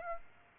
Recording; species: mosquito wingbeat signal from an infrared sensor; Aedes aegypti